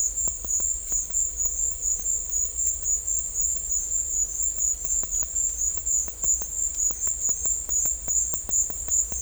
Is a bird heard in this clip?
no